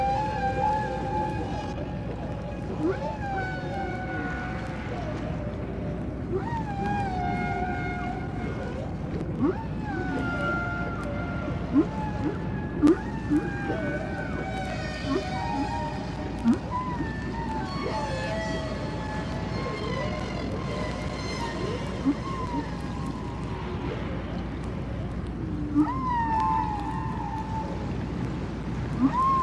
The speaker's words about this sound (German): Die Wale singen und sie sprechen miteinander. Sie unterhalten sich. Leider verstehen wir sie noch nicht. So können wir nur zuhören.